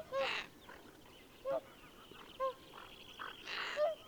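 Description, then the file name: Greater Scaup giving harsh, rasping calls in a few separate bursts, mixed with short, clear notes, over a steady background hiss. "Bergand"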